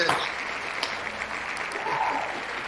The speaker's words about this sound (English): Let's give a big round of applause for Brianna Venskis.